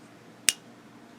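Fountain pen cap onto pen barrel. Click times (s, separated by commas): 0.5 s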